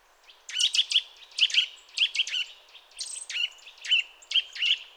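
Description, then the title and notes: Eurasian nuthatch giving paired and grouped piping call notes at a steady pace, with light background hiss. Sedentary bird heard during mild winter weather, giving contact calls followed by song in this sequence; common in forests, parks and small woods; recorded with various equipment. "Sonothèque naturophonia. La Sittelle torche-pot (Sitta europaea)"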